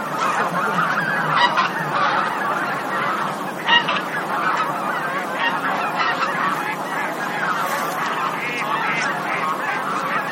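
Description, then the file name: Bean goose: bean geese honking in a dense flock, many nasal overlapping calls merging into a continuous clamour with a few louder honks standing out. "hisikui"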